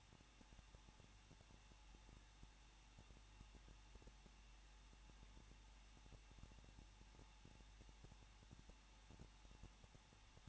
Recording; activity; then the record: daily activity, microphone in the room; no activity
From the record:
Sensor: 1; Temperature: 20.1 degrees Celsius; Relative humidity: 39.2%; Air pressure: 1006.3 hPa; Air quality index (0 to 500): 218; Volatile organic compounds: 77 ppm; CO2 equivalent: 3585 ppm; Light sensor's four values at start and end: 1/2/1/1 and 1/2/1/1